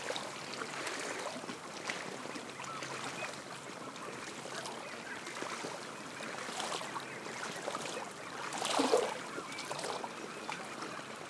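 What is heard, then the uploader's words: Small wind waves lap steadily against a reedy lakeshore, a dense run of soft, irregular splashes. A gust of wind rises through bare branches and dry grasses, swelling into a louder rush around eight to nine seconds before easing back. I recorded this on a breezy winter afternoon beside Big Lake in the northeast corner of Shasta County, California. The constant lapping of small wind waves against the tule lined shore is punctuated by the soft sound of the wind blowing through the bare branches of nearby trees and the gentle rustling of dry grasses.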